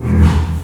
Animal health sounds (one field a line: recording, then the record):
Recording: squeal of a Yucatan mini pig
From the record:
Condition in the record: after surgery on the right vocal fold (resection and tissue-engineered implant)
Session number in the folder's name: 16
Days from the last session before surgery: 183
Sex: female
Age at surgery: 19 weeks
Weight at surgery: 25 kg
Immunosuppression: prednisolone